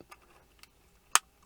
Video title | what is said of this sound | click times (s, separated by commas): Vantrue N4 GPS mount installation and setup | here we go here we just click and | 1.1 s